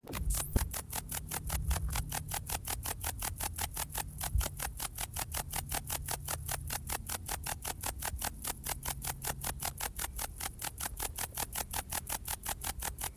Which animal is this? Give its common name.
Bog Bush-cricket